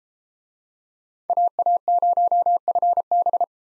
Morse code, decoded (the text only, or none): AA0FB